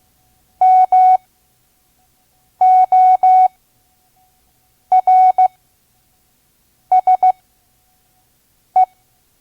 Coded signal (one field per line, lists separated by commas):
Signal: Morse code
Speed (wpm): 15 wpm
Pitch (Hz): 740 Hz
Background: none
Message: MORSE